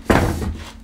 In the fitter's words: then you just hook it over the top rail and it locks into place